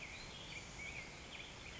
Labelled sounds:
Black-headed Grosbeak (Pheucticus melanocephalus)

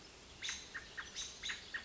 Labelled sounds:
American Robin (Turdus migratorius)

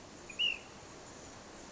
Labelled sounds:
Ash-throated Flycatcher (Myiarchus cinerascens)

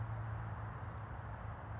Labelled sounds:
California Towhee (Melozone crissalis)

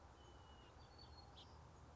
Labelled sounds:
House Finch (Haemorhous mexicanus)

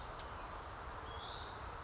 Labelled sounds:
Western Flycatcher (Empidonax difficilis)

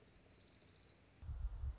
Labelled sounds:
Orange-crowned Warbler (Leiothlypis celata)

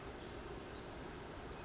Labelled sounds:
Pacific Wren (Troglodytes pacificus)

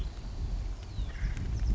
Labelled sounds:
Acorn Woodpecker (Melanerpes formicivorus)

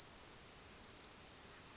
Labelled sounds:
Brown Creeper (Certhia americana)

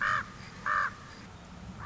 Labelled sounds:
Common Raven (Corvus corax)

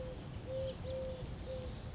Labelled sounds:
Eurasian Collared Dove (Streptopelia decaocto)

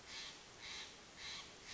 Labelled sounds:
Steller's Jay (Cyanocitta stelleri)

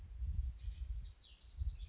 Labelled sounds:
House Wren (Troglodytes aedon)

